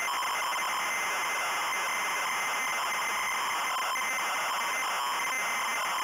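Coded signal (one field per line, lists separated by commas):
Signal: ZX Spectrum tape loading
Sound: harsh buzzing screech alternating between two rough tones, with steady high whine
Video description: -Full tape loading sequence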